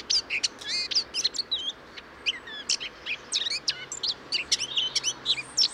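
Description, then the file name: Eurasian blackcap song of scratchy twitters and bright whistled slurs, delivered in quick bursts with short pauses between phrases. "Sylvia atricapilla"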